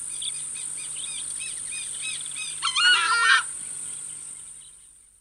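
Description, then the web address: Southern screamer giving one loud, harsh honking call after a stretch of small birds chirping, then the sound fades away. "crestedscreamer"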